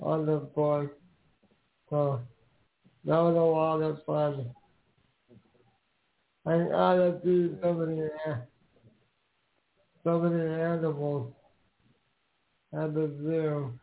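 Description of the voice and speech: Slow, halting speech from an adult man with long pauses, slurred consonants and a nasal, creaky voice, typical of dysarthria. The speaker was born with a genetic disease of unknown origin, similar to cerebral palsy, that left him quadriplegic. Only some people can understand everything he says.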